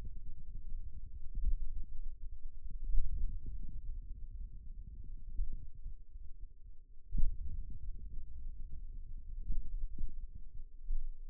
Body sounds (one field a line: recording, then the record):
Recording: forearm muscle sounds (acoustic myography)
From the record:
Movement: wrist extension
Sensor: system 2, bracelet of six BSWA MPA416 microphones around the upper forearm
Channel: 4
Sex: male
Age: 22 years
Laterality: right